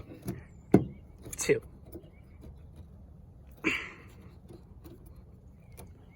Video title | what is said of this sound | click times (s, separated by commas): A TWIST TO TIGHTENING UP MY REAR END ? | make sure you hear the clip when they clip in and make sure you hear the clips and | 0.7 s